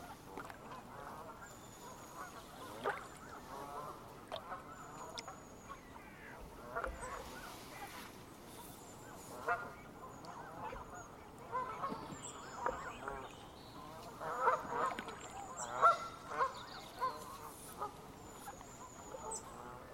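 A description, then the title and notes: A large flock of Canada geese honks in a dense, continuous chorus, with louder bursts of calls swelling around the middle and later seconds. Paddleboarding on a stretch of the River Wye in Herefordshire, where a flock of about 300 Canada geese begin an extraordinary evening chorus. Recorded by Maria Hodson.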